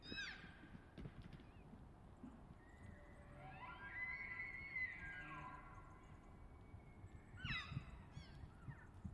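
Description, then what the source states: Elk bugle: a long, high whistled note held steady, rising in strength, then fading, with brief sliding squeals before and after and a soft rumbling background. Shortly after dawn, behind a stand of Ponderosa Pine; two bulls in a challenge over cows and territory; last week before firearm hunting season; bull bugles sound like unsettling screams.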